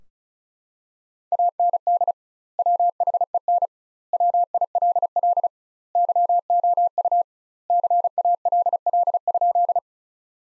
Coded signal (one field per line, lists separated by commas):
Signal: Morse code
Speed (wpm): 34 wpm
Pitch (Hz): 700 Hz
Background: none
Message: AND WHEN WILL YOU CALL?